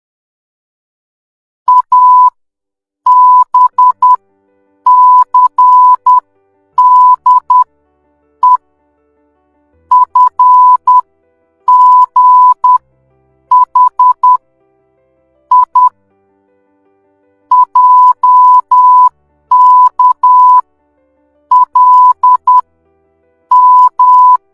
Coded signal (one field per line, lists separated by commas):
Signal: Morse code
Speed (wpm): 10 wpm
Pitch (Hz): 1000 Hz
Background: music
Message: ABCDE FGH I JK L M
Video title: How to Morse Code! #shorts